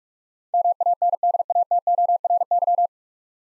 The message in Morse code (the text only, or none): MANDATORY